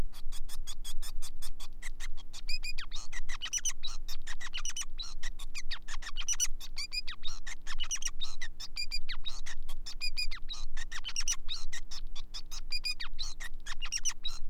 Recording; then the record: song of a male Bengalese finch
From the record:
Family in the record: son of father 5